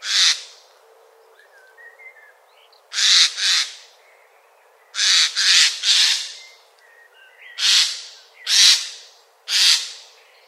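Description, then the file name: Eurasian jay screeching repeatedly, harsh noisy bursts often in pairs or triplets, with soft whistled notes from other birds between them. "Garrulus glandarius"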